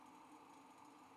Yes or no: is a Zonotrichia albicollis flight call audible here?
no